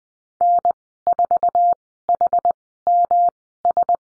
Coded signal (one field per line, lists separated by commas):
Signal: Morse code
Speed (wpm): 20 wpm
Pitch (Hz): 700 Hz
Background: none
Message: N4HMS